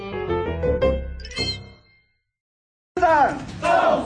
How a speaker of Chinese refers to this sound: 大喊口号提振士气，国民党新竹市长候选人林根仁继续每天的拜票行程